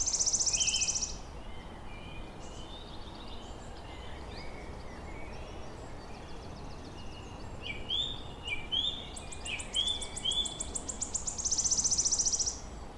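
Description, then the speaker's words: Wood warbler song opens with a silvery high trill, then other birds warble; later a quickening series of sharp ticks builds again into the same shimmering trill. Male, newly arrived, singing from the canopy among ancient twisted oaks on a hill; still, sunny spring morning. "Among the oaks, the wood warblers have arrived. The male song dripping from the canopy like molten silver."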